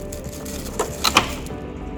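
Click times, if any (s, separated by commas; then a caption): 1.0 s, 1.2 s. A plastic mounting part is lined up with the blue groove of an RFID equipment holder and pushed in. Two sharp plastic clicks are heard at 1.0 s and 1.2 s, and the part is seated.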